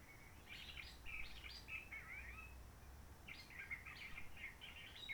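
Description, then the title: Réunion bulbul song: a run of quick warbled, chattering notes with thin whistled slurs, then a second jumbled phrase after a short pause. Roche Merveilleuse forest, Réunion; quiet since the 19 March 2020 lockdown, no hikers, microlights or helicopters; sunny blue-sky weather; birds not very active; song simpler, short phrases, adapted to past noise pollution. "Roche Merveilleuse, Réunion - Merle de lîle de la Réunion."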